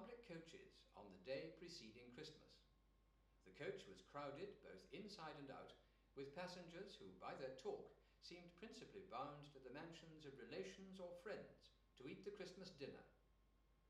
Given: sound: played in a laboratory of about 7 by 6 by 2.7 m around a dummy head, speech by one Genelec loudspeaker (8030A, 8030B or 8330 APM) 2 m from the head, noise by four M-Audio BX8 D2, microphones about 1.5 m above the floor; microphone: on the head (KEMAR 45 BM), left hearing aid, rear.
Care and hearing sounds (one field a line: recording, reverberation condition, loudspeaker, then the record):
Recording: male speech in English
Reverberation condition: medium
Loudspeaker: 120 degrees to the left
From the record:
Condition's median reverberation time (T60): about 510 ms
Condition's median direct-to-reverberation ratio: about -0.5 dB